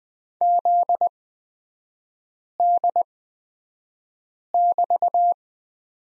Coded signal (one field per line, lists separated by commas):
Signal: Morse code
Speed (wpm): 20 wpm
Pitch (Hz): 700 Hz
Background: none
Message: ZD<BT>